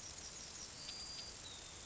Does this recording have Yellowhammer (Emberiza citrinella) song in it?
yes